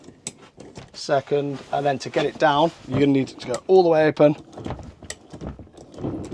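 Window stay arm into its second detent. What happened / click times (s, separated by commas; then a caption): The window stay clicked into its next detent / 0.3 s. A window is pushed further open and its stay arm clicks into the second detent position at 0.3 s, a sharp click. Afterward someone talks, with a few faint mechanical taps and another sharp click near 5.1 s. The window stay is seated in its second stage.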